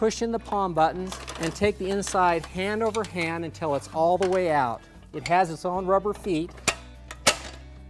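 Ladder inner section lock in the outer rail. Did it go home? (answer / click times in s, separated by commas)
yes / 7.3 s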